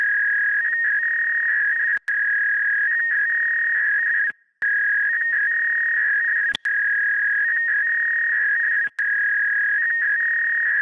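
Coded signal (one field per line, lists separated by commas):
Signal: fax machine handshake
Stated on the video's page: Fax machine sound effect clip.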